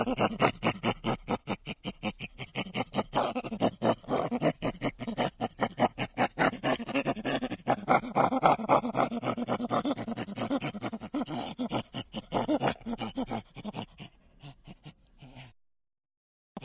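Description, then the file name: Chimpanzee rapid hoarse panting, a long string of fast breathy grunts that thins out and stops, followed by about a second of silence. Chimpanzee grunt recorded close-up, given as hoarse rapid panting. "CHIMP GRUNT CU-HOARSE-RAPID-PANTING"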